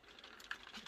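The second side of the plastic shoulder armor section is pushed into the torso of a die-cast and plastic Threezero Marvel Infinity Saga Iron Man Mark 44 Hulkbuster DLX figure. Faint taps and rustling lead up to a sharp snap at 0.5 s, with a few softer knocks after it. The shoulder armor snaps into place, seated on both sides.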